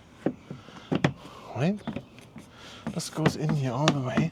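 After a driver-side window replacement, an interior door trim panel with plastic clips is handled and fitted against a Jeep door frame while someone talks. A few short, sharp taps and knocks are heard as it is positioned. Nothing has seated or clicked into place yet.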